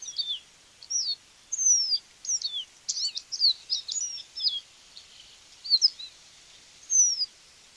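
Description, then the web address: Rufous-rumped seedeater with a series of high clear whistles and twittered notes, mostly separate slurs with a brief busier burst in the middle; faint background hiss. "Sporophila hypochroma - Capuchino castaño"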